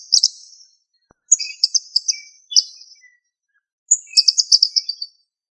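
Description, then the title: Bird song: high, thin chirping phrases of quick sharp notes, delivered in several bursts separated by short pauses. "LuckyPassaro Completos2Sama"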